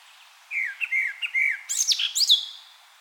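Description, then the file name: Eurasian blackcap song: a few lower, slurred warbling notes, then a sudden shift to louder, higher, clearer fluted notes at the end. "Sylvia atricapilla"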